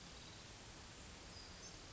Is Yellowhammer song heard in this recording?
no